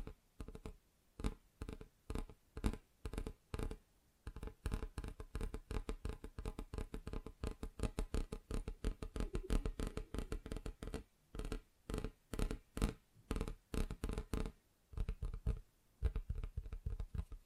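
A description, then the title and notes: Rapid tapping on different surfaces, dense quick bursts of crisp hits with brief pauses near four, eleven and fifteen seconds. ASMR Just Tapping (Different Surfaces No Talking).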